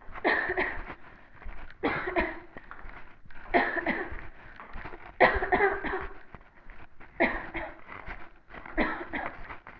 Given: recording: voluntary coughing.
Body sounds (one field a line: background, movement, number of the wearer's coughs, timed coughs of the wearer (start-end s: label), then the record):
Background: quiet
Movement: walking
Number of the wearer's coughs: 13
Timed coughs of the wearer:
0.22-0.55 s: cough
0.55-0.86 s: cough
1.81-2.14 s: cough
2.13-2.56 s: cough
3.51-3.83 s: cough
3.84-4.17 s: cough
5.18-5.50 s: cough
5.49-5.80 s: cough
5.83-6.11 s: cough
7.17-7.42 s: cough
7.55-7.79 s: cough
8.75-9.13 s: cough
9.13-9.41 s: cough
From the record:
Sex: female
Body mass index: 18.3 kg/m2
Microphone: on the chest, facing the body